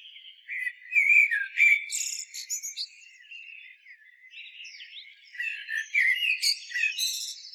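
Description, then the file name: Common blackbird song of rich whistled notes mixed with high squeaky twitters, with a quieter warbling passage between the louder phrases. "Turdus merula"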